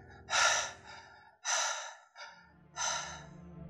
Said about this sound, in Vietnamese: Mình mới bàng hoàng mở mắt ra, mồ hôi ướt đẫm người, hơi thở mệt nhọc.